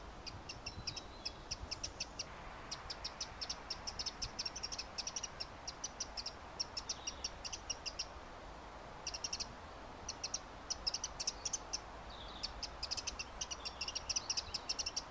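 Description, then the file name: Eurasian wren giving harsh churring scold rattles in long rapid series, pausing briefly before resuming, over continuous low traffic noise. Scolding alarm calls, recorded 17 March 2013 with traffic noise in the background. "Zaunkönig, zeternd 17 3 2013 , Autolärm"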